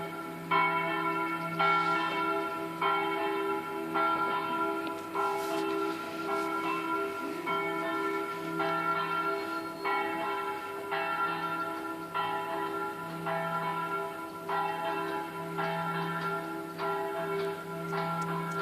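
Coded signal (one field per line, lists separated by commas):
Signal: bell signal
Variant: Angelus swing ringing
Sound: a single church bell swinging, striking steadily about once every second and a half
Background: outdoor ambience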